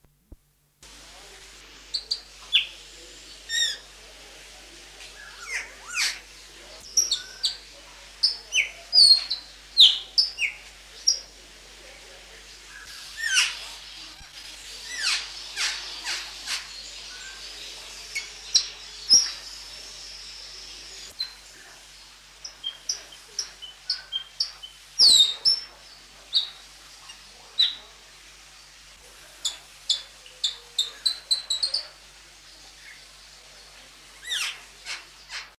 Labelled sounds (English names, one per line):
Sulawesi Myna call